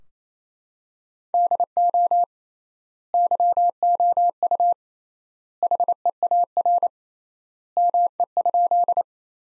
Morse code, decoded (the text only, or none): DO YOU HEAR ME?